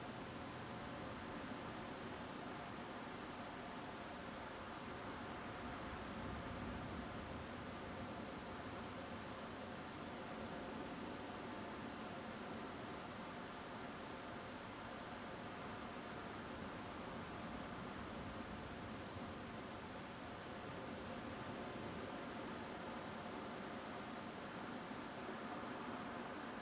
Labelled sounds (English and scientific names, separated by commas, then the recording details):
Song Thrush (Turdus philomelos)
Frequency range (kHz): Song Thrush (Turdus philomelos) 6.4-8.3 kHz
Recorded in France